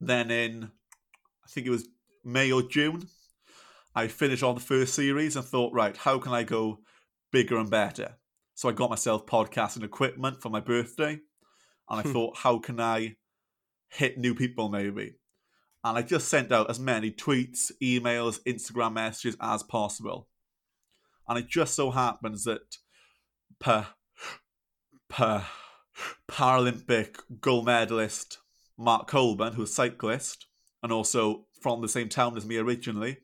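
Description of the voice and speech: Mostly fluent adult male speech with one stuttering moment: a repeated 'p' sound with long blocked pauses before 'Paralympic'. The speaker has stuttered since about age 4 or 5 and still blocks or stutters now and again, repeating words or sounds and lengthening sounds; he uses a costal breathing technique.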